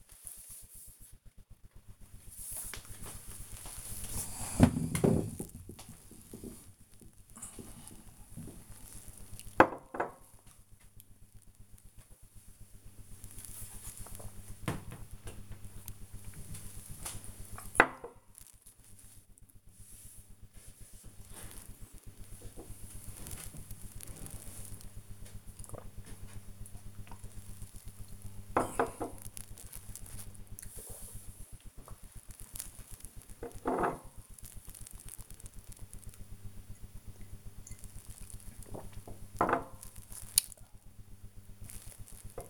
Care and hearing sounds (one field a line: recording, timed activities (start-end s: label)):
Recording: household activities, microphone on the right wrist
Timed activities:
11.88-42.50 s: drinking